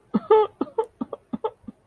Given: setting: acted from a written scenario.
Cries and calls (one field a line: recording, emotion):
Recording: vocal sound without words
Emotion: distress